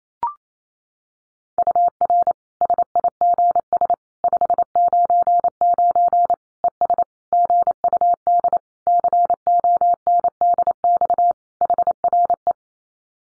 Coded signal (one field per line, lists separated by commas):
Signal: Morse code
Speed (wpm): 28 wpm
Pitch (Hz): 700 Hz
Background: none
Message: UR SIGS 599 ES GUD CONDX HRE